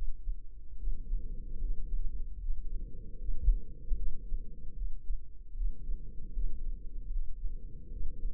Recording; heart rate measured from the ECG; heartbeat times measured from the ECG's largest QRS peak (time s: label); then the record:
heart sounds by microphone in the left ear; 76 bpm
0.75 s: heartbeat
1.59 s: heartbeat
2.39 s: heartbeat
3.16 s: heartbeat
3.94 s: heartbeat
4.73 s: heartbeat
5.52 s: heartbeat
6.31 s: heartbeat
7.10 s: heartbeat
7.88 s: heartbeat
From the record:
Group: healthy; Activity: rest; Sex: female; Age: 32 years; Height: 172 cm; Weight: 71.7 kg